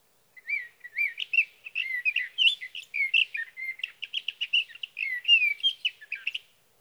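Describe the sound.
Sage thrasher song, a long run of rapid warbled and slurred phrases, rising and falling, delivered almost without pause for about six seconds against a quiet background.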